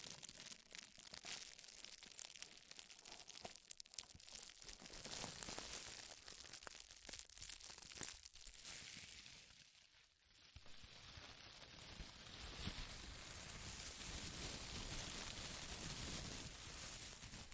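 Loud crinkling fills the whole stretch, a dense, unbroken mass of crackles with sharp bright edges and little pause. Around ten seconds it briefly thins and drops, then builds back to a steady, heavier crumple, with a faint high whine near the top from ten to thirteen seconds.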